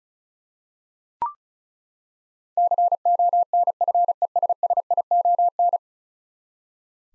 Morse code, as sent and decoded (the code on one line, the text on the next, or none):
-.-. --- -. ..-. . ... ... .. --- -.
CONFESSION